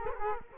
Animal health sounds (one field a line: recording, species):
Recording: mosquito wingbeat signal from an infrared sensor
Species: Culex quinquefasciatus